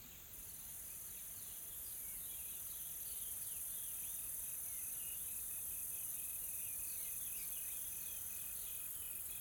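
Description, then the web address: Insects buzz in a high, steady wash with a rapid pulsing chirp and many faint flickering chirps. Soft, calm insect ambience in tropical forest, South Africa. "Sonniss - GDC 2020-Game Audio Bundle Smart Sound FX - Nature South Africa AMBIENCE Additional Tropical Forest Soft Insects Calm"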